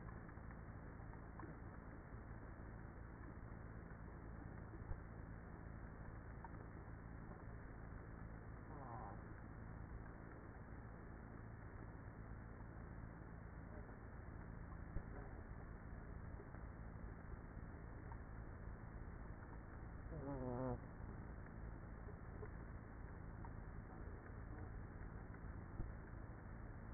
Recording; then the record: honeybee colony, microphone inside the hive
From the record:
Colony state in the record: queenless with a low population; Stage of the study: after two queens were removed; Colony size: about 30,000 bees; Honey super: no